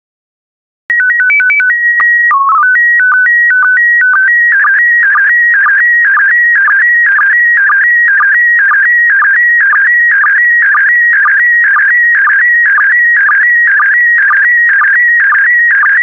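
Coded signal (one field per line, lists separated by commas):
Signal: SSTV (slow-scan television)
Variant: PD 120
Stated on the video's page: PD120 SSTV images, daily decoding practice set.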